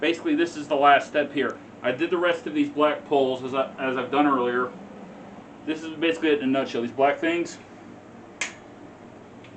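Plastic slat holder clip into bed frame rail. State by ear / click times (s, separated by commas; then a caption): seated / 8.4 s. A black plastic clip that holds a slat pole is pushed into the rail of a SHA CERLIN queen-size bed frame as the final assembly step. Someone talks for most of the clip, then after a quiet pause the clip snaps into place with one sharp click at 8.4 seconds, seating it in the rail.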